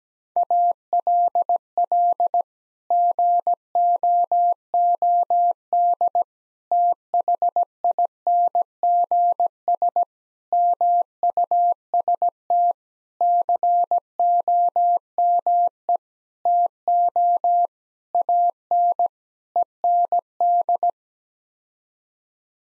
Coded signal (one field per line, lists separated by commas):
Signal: Morse code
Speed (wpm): 17 wpm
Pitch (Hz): 700 Hz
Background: none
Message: ALL GOOD THINGS MUST COME TO AN END